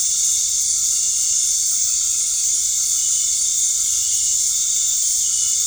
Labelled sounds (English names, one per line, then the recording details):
none
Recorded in dense forest near Puerto Asís, Putumayo, Colombia, on 13 March 2025 at 19:00
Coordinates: 0.485, -76.318
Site G056